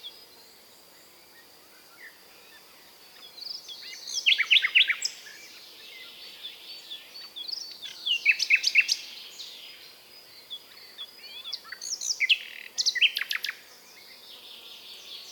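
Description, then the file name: Common nightingale singing three separate loud phrases of fast repeated clicking notes, with quiet gaps between them. "British Library - European Nightingale(Luscinia megarhynchos)"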